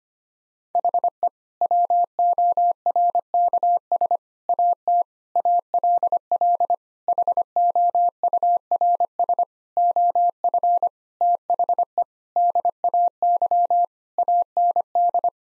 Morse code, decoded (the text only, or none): HE WORKS AT ALL HOURS OF THE DAY AND